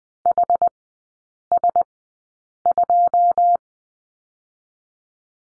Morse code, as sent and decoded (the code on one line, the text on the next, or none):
.... ... ..---
HS2